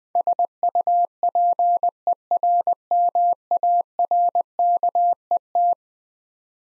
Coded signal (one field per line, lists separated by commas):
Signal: Morse code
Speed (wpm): 21 wpm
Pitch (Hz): 700 Hz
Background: none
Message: SUPERMARKET